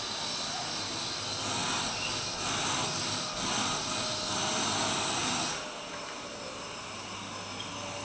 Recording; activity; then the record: daily activity, microphone in the room; vacuum cleaning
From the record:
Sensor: 2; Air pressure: 1001.8 hPa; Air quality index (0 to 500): 248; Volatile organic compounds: 39 ppm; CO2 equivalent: 3130 ppm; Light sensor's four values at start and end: 8/27/10/10 and 8/27/10/10